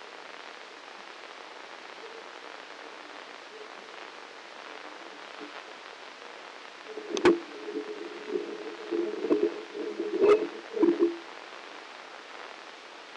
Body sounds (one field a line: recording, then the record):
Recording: brain microelectrode recording played as sound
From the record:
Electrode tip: inside the subthalamic nucleus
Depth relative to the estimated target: 2 mm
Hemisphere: left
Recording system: NeuroSet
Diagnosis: Parkinson's disease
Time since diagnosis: 9 years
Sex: male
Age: 56 years